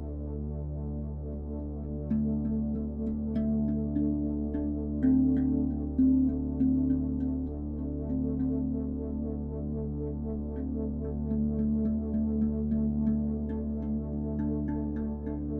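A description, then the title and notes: Binaural beats form a steady low hum of layered tones, with a brighter pulsing band and faint ticking clicks from two seconds on. Binaural Beats | מדיטציית צלילים רב ממדית | טונים בינוראלים וראב.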